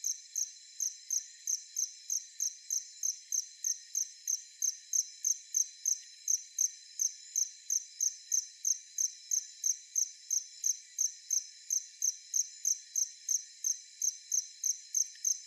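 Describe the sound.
Cricket chirping, high thin pulses repeated steadily about three times a second without a break, a faint hiss underneath.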